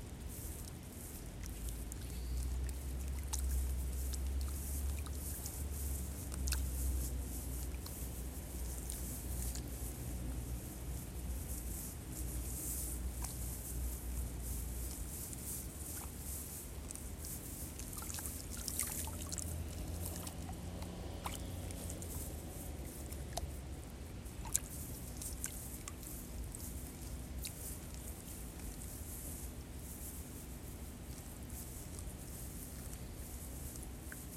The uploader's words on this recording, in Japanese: 水苗代でイネの苗取り。水苗代で、イネの苗とりしています。苗を１本ずつ抜いて、まとめてワラで束にして、、束をたくさん作っていきます。